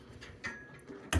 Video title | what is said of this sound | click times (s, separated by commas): Full Strip and Repair of a Funhouse Pinball (new jaw, gear, trapdoor, and switch matrix repairs) | so that's not latching quite right I'm going to figure that out but that little tab there is not | none